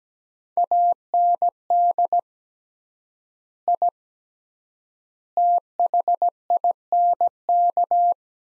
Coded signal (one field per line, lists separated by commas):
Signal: Morse code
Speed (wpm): 17 wpm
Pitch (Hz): 700 Hz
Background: none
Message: AND I THINK